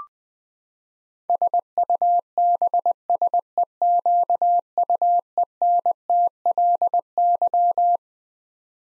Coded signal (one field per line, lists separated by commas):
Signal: Morse code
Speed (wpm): 20 wpm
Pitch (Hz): 700 Hz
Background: none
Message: SUBSEQUENTLY